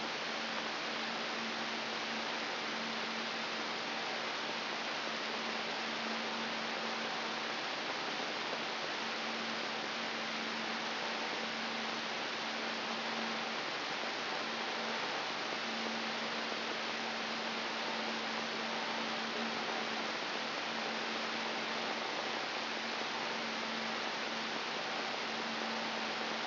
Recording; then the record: brain microelectrode recording played as sound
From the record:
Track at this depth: inside the subthalamic nucleus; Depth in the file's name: 6.931 mm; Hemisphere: right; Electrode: 3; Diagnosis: Parkinson's disease